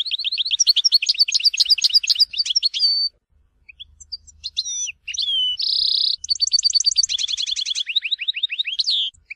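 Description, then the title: European goldfinch giving a continuous twittering song with rapid repeated notes, a drawn-out buzzy note and a brief pause midway. "Chant Chardonneret"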